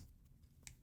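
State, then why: Seated. The slide stop pin is pushed through the frame and the slide notch of a Kimber Pro Carry II, a 1911-style pistol, during reassembly after a 40,000-round-life recoil spring kit upgrade. After a low, quiet background, a single short, sharp metal click sounds at 0.7 s. The slide stop seats into place.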